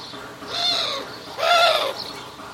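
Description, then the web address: Bird calls: two loud, harsh harmonic notes about a second apart. "Deverinetal 2025 File origin Bird Only"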